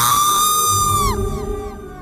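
A woman lets out a loud, piercing scream from inside a bathroom, holding one high shrill pitch for about a second before it breaks and slides downward into a few shorter, fading cries over a low rumble.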